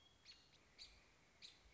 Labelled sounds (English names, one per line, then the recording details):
American Robin
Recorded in Sonoma County, California